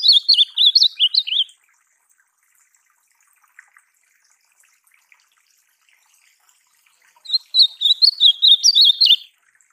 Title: Encarte Seu Golinha Com Este Lindo Canto De Azulão